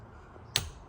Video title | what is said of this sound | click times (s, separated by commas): Tesla Model Y / 3 NEW Cybertruck Wheel Installed! | you hear that once it clicks and you're done | 0.6 s